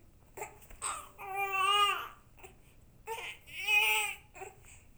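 Two high-pitched, tonal wailing cry bouts, each lasting about a second, with short catches and breaths in between, in a small quiet room. An infant cry.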